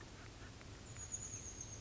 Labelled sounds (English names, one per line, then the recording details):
Chestnut-backed Chickadee
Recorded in Sonoma County, California